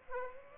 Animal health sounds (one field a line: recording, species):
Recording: mosquito wingbeat signal from an infrared sensor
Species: Aedes aegypti